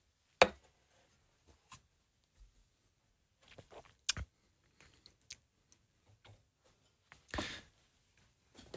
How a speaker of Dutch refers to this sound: Eerst in de beker. Om even te weten hoe dat is zoals in de beker. Oké. En dan niet alles opdrinken, gewoon een slokje ervan nemen.